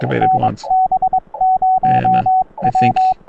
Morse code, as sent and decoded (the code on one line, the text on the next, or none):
-. -... ----- .--
NB0W